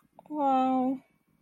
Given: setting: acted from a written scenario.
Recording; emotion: vocal sound without words; distress